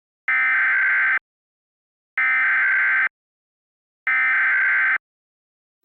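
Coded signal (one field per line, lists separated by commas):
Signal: Emergency Alert System (SAME) tones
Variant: header bursts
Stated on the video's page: Mock Emergency Alert System alert about a Hoover Dam break, made with valid tones.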